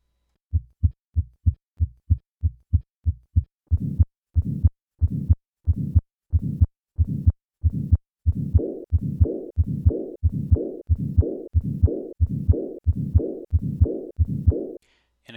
Acute aortic regurgitation at the left sternal border the soft first heart sound, followed by the systolic flow murmur, and then the diastolic murmur. Note the tachycardia common with this murmur. Causes closure of the mitral valve, resulting in a soft first heart sound. In addition, as the pressures equalize between the aorta and the left ventricle, the murmur of aortic regurgitation becomes softer and shorter.